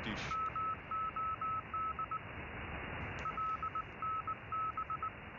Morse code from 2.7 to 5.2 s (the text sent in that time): LNB